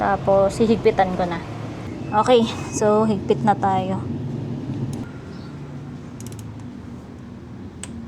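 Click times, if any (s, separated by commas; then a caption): 7.8 s. Someone talks while tightening the oil drain bolt into the engine case of a Raider Fi motorcycle with a torque wrench fitted with a 14 mm socket. After the talking stops, a few faint ticks follow, then the wrench gives a single sharp click at 7.8 s. That click shows the bolt has reached the set torque and is confirmed tight.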